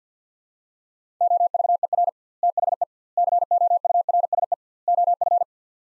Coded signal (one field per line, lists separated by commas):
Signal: Morse code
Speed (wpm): 50 wpm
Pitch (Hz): 700 Hz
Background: none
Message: OVER THE COURSE OF